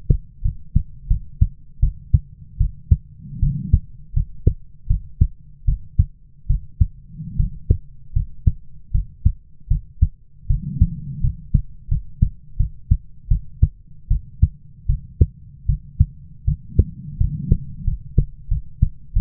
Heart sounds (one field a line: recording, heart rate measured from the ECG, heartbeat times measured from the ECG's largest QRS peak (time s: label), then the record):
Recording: heart sounds by stethoscope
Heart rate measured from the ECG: 80 bpm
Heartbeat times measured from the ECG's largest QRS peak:
0.42 s: heartbeat
1.08 s: heartbeat
1.80 s: heartbeat
2.58 s: heartbeat
3.40 s: heartbeat
4.14 s: heartbeat
4.87 s: heartbeat
5.65 s: heartbeat
6.47 s: heartbeat
7.37 s: heartbeat
8.13 s: heartbeat
8.92 s: heartbeat
9.68 s: heartbeat
10.47 s: heartbeat
11.21 s: heartbeat
11.88 s: heartbeat
12.57 s: heartbeat
13.28 s: heartbeat
14.08 s: heartbeat
14.87 s: heartbeat
15.66 s: heartbeat
16.45 s: heartbeat
17.18 s: heartbeat
17.84 s: heartbeat
18.48 s: heartbeat
19.13 s: heartbeat
From the record:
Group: healthy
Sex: female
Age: 22 years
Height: 157 cm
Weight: 47.6 kg